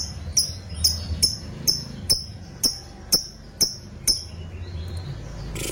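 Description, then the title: Lovebird calling with crisp, high chirps spaced about half a second apart, stopping after a few seconds, with a faint low hum behind. Lovebird said to be very clever at 'memancing', provoking other birds into calling. "Dari Gayanya Lovebird Ini Terlihat Pintar Sekali Memancing"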